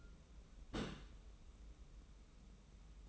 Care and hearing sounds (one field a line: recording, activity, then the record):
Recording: daily activity, microphone in the room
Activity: place on stove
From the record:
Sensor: 1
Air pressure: 994.5 hPa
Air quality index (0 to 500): 230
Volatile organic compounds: 1000 ppm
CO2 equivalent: 8292 ppm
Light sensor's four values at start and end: 145/331/148/162 and 145/332/148/162